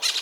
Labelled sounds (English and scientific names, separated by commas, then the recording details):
Brown-throated Parakeet (Eupsittula pertinax) contact call
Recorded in Venezuela
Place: Guárico; Corozopando; Fundo La Fe
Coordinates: 8.506, -67.593